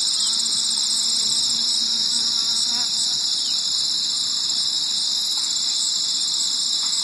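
Crickets trilling in a dense, steady, high-pitched chorus that continues without pause throughout, several layered bands of shrill sound.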